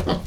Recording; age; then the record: pig call; piglet (1 to 25 days)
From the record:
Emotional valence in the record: positive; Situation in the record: reunion after long isolation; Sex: male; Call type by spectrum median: low-frequency call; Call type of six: low-frequency tonal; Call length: 0.27 s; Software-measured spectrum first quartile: 186 Hz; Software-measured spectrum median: 459 Hz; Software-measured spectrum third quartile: 1196 Hz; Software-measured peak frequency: 170 Hz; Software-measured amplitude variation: 145 dB a second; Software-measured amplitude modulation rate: 15.1 a second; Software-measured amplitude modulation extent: 9.6 dB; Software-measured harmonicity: 0.6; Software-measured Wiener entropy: -1.48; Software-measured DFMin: 685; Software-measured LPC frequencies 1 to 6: 459, 975, 1853, 3167, 4692, 6272 Hz